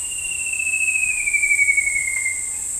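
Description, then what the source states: Shining flycatcher: a single sustained, faintly throbbing whistle descending gradually for nearly three seconds over a continuous high-pitched insect chorus. Subspecies wardelli.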